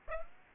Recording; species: mosquito wingbeat signal from an infrared sensor; Aedes aegypti